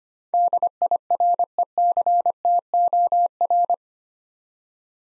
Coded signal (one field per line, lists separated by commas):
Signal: Morse code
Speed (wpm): 25 wpm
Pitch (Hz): 700 Hz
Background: none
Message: DIRECTOR